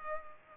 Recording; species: mosquito wingbeat signal from an infrared sensor; Culex pipiens